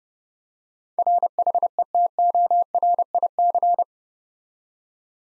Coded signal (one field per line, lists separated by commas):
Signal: Morse code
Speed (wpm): 30 wpm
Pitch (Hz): 700 Hz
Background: none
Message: RHETORIC